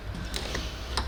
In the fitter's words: now I just insert it and turn a clockwise until it nicely clicked